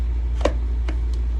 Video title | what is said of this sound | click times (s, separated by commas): #Echo #SpeedFeed Repair Job - Husqvarna LD128 String Trimmer | then click that was a soft clip | 0.4 s